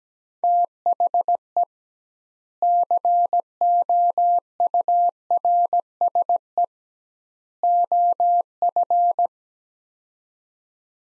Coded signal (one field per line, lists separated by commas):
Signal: Morse code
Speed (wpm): 17 wpm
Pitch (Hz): 700 Hz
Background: none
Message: THE COURSE OF